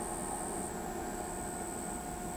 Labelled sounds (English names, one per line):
none